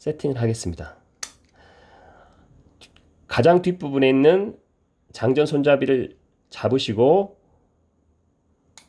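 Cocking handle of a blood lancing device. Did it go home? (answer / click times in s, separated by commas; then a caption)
yes / 8.8 s. Someone talks while gripping the rear cocking handle of a blood lancing device, set to depth 3, and pulling it back. At 8.8 s a short click is heard as its spring mechanism latches into the cocked position, and the device is set.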